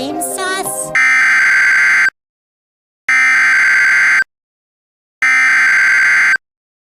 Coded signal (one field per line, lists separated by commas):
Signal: Emergency Alert System (SAME) tones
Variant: header bursts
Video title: EAS #13 - SVT